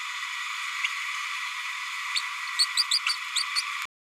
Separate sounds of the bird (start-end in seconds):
2.15-2.21, 2.58-2.65, 2.77-2.83, 2.91-2.99, 3.06-3.16, 3.35-3.44, 3.55-3.62